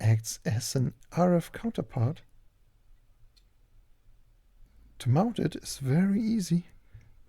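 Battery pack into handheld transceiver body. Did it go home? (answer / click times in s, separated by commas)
no / none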